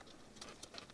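A removable plastic module is handled over its moulded plastic holder on the chassis of a Team Corally MLine Punisher 6S RC car, with faint scuffing and light tapping and one brief sharp tap near 0.8 s. The module has not seated or clicked into the holder yet.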